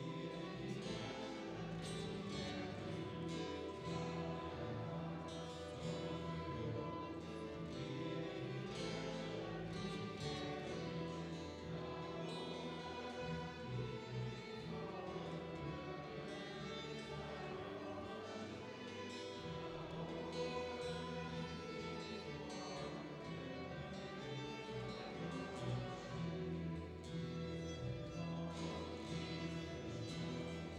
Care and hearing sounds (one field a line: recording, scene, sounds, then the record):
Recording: everyday scene through a hearing-aid microphone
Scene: reverberant space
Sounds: music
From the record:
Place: church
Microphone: in the ear canal, right